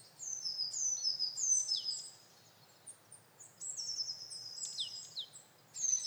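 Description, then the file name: Eurasian blue tit calls: thin, very high notes sliding downward, given in quick clusters with short pauses between bursts, over a faint steady background hiss. "Cyanistes caeruleus"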